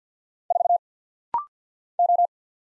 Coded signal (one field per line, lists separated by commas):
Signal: Morse code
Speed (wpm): 48 wpm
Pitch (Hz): 700 Hz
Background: none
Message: 4 O